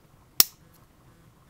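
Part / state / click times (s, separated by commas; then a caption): plastic barrel into toy launcher / seated / 0.4 s. A plastic barrel is clipped onto a plastic launcher assembly while building the weapon for a 2015 Bionicle Lewa / Protector of Jungle toy figure. A single sharp, loud click rings out at 0.4 s with a brief bright high-frequency tail, then near silence. The barrel seats in place.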